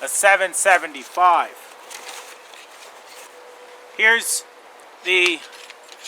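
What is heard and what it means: Someone talks while handling the framework of a OneTigris portable folding camping chair, whose shock-corded aluminum pole sections are being fitted into each other. A short sharp tap is heard at about 5.7 s. Nothing has seated or snapped into place yet.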